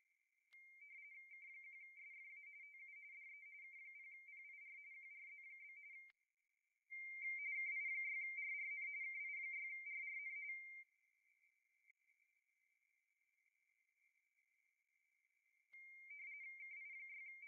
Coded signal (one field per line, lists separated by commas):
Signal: RTTY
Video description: Take a look at the end of the video for RTTY FSK demonstration. VSPE works. ICOM 7300 IS IN RTTY MODE USING RTTY FILTER!!!